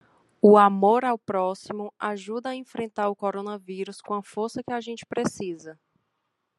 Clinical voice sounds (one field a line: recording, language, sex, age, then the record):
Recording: spoken sentence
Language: Brazilian Portuguese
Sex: female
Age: 20 to 29 years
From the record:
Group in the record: control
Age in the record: 29 years